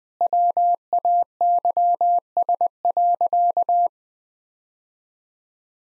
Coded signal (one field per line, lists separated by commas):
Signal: Morse code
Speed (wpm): 20 wpm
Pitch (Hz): 700 Hz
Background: none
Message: WAYS.